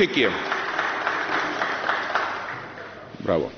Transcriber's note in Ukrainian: Оплески